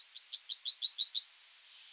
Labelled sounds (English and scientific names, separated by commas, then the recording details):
Yellowhammer (Emberiza citrinella) song
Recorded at under 5 m from the bird
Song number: 120